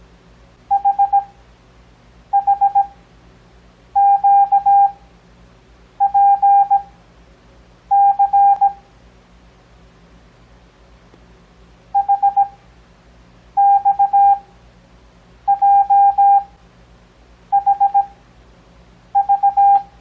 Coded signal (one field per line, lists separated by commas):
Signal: Morse code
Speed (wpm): 17 wpm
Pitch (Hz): 800 Hz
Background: none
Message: HHQPC HXJHV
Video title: Copy Morse Code 2nd Grade